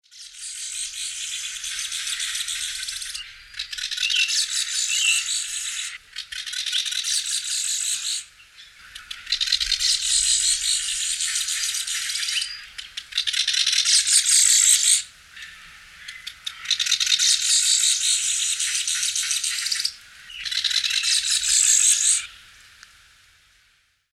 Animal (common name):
Golden-backed Weaver